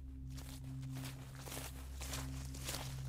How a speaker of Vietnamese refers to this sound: Rồi đột nhiên ông nghe có tiếng người đi sột soạt ở ngoài kia.